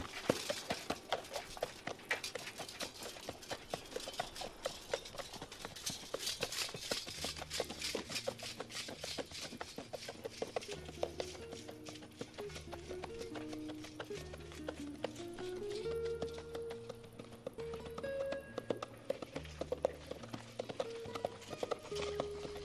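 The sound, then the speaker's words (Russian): Rapid, steady hoofbeats of a ridden horse galloping across a valley pound throughout, loud and rhythmic, while a musical score with a pulsing low bass line and a rising melody joins partway through. “Переведя лошадь на галоп, пересекает долину.”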